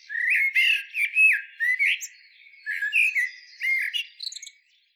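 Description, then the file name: Eurasian blackbird singing: several mellow, fluting whistled phrases mixed with thin, high squeaky notes, with short pauses between phrases. "Turdus merula"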